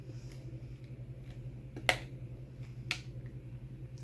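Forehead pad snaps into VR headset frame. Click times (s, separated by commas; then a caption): 1.9 s, 2.9 s. Plastic snaps on the forehead pad of a Rift S VR headset are pressed one by one into the headset frame. Two sharp clicks at 1.9 s and 2.9 s stand out over a low steady hum, with a few faint taps around them. The snaps seat in place.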